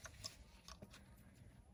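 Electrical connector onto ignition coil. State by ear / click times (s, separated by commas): not seated / none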